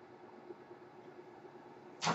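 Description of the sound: A quiet, steady mechanical hum with a faint constant tone and soft regular pulses runs throughout, ending in a brief louder rushing burst. This is the background running noise of a home mechanical ventilator.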